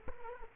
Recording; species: mosquito wingbeat signal from an infrared sensor; Culex quinquefasciatus